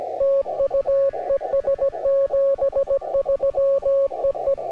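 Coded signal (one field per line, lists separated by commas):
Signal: Morse code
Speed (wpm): 21 wpm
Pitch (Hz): 540 Hz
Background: music, radio noise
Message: TU ES 73 EE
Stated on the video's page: Gentle Morse tones with a deliberate, rhythmic cadence for relaxation.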